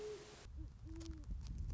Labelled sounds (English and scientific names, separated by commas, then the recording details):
Great Horned Owl (Bubo virginianus)
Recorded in Sonoma County, California